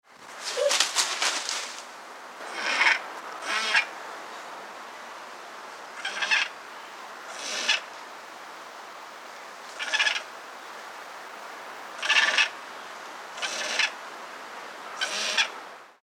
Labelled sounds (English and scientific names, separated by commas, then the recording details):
Spectacled Owl (Pulsatrix perspicillata)
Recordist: Tembrock, Günter
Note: Rufe